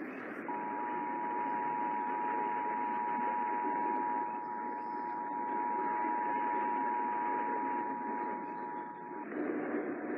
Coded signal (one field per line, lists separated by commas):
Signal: Emergency Alert System (SAME) tones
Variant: 853 and 960 Hz attention tone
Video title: Kern County RMT (EAS #1432-1433)